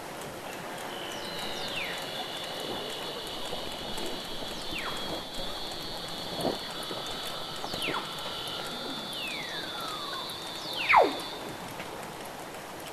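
Weddell seal calls: steady high whistles held for several seconds, crossed by quick downward sweeps and a short mid-pitched tone.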